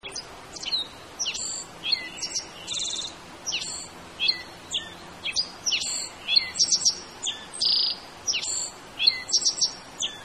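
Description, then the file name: Black-faced bunting: many short, high, thin chirps and buzzy notes scattered irregularly, some in quick clusters, over a low background hum. "aoji"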